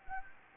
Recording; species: mosquito wingbeat signal from an infrared sensor; Anopheles gambiae